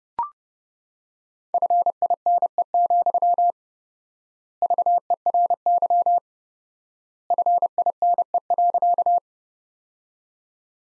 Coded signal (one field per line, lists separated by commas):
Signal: Morse code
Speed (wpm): 30 wpm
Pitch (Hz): 700 Hz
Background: none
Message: FINE, VERY FINE.